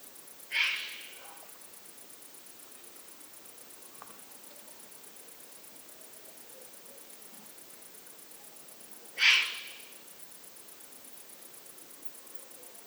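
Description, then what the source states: Eurasian eagle-owl giving harsh, breathy hissing calls: two short rasping hisses, well apart, over a steady background hiss. Juvenile.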